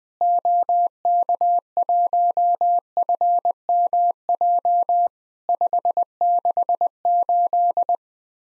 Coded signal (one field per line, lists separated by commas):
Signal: Morse code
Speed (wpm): 21 wpm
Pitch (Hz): 700 Hz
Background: none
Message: OK1FMJ 568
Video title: Worked All Europe DX Contest QTC Exchange 20wpm